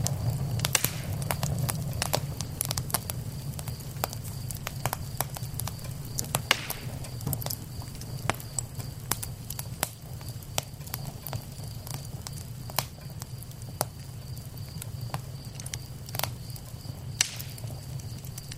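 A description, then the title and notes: A crackling fire snaps with frequent sharp pops scattered irregularly throughout, over a steady low rumble and faint hiss. Crackling fire.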